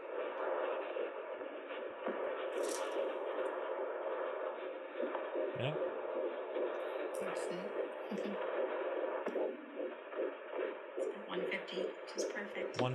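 Rapid whooshing Doppler pulses at about 150 a minute, picked up immediately with the device on the mother's abdomen: the heartbeat of a female fetus at week 14 to 15 of pregnancy, a normal rate.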